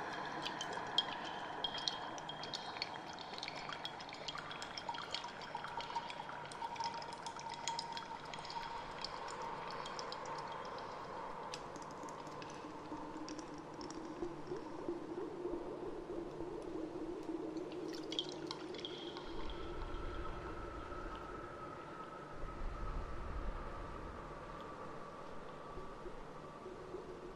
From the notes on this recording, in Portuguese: no fundo do mar com o canto da sereia, sons de água e eco